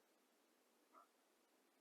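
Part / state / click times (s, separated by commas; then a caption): plastic model part into scale jeep hood / not seated / none. A small plastic part from an iXO Collections Willys Jeep scale model kit, with one large and one small lug, is lined up with the matching holes and handled at the jeep's hood. Quiet handling over a steady hiss is heard, with a brief soft tonal blip near 1.0 s. The part has not seated or snapped in yet.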